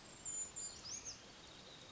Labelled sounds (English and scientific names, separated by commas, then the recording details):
Brown Creeper (Certhia americana)
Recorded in Sonoma County, California